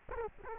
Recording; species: mosquito wingbeat signal from an infrared sensor; Culex quinquefasciatus